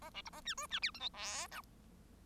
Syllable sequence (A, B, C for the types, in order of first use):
A B C A D E D F G H I J